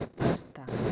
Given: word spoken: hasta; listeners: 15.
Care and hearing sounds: one Spanish word in noise, from a listening test; noise modulated by one talker; -9.0 dB; 2 of 15; 6 of 15; 0.53 s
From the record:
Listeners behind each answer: 6, 3, 2, 2, 1, 1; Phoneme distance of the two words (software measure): 7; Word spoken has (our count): 2 syllables, 4 phonemes, stress on syllable 1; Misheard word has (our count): 2 syllables, 5 phonemes, stress on syllable 1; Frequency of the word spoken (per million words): 1330.21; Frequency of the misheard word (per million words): 19.85

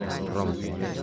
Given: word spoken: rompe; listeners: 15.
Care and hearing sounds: one Spanish word in noise, from a listening test; eight-talker babble; -0.9 dB; 2 of 15; 6 of 15; 0.63 s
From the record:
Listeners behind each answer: 6, 2, 1, 1, 1, 1, 1, 1, 1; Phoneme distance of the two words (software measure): 7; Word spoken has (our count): 2 syllables, 5 phonemes, stress on syllable 1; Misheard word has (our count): 2 syllables, 6 phonemes, stress on syllable 1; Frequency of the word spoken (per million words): 14.06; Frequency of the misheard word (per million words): 0.27

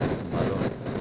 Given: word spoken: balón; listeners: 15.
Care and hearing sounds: one Spanish word in noise, from a listening test; noise modulated by three-talker babble; -5.4 dB; 4 of 15; 7 of 15; 0.61 s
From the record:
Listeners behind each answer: 7, 4, 1, 1, 1, 1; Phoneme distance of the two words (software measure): 10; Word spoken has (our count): 2 syllables, 5 phonemes, stress on syllable 2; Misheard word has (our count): 2 syllables, 5 phonemes, stress on syllable 2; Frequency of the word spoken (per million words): 23.22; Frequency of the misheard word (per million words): 171.12

